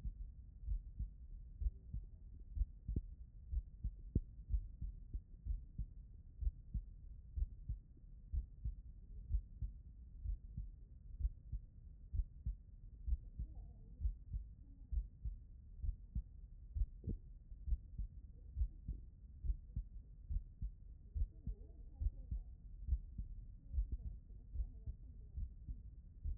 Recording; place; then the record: heart sounds by stethoscope; tricuspid valve (TV)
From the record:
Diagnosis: non-HFrEF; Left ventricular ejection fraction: 64%